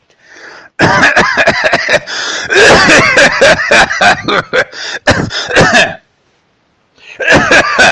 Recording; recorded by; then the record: voluntary cough; messaging app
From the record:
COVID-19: positive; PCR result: self-reported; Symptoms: no